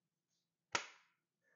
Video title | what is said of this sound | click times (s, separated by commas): DO BETTER BOSCH!! Dishwasher SHE55M16US faceplate replacement. Part #107 #bosch #dishwasherrepair | okay that should just it'll just snap right in | 0.8 s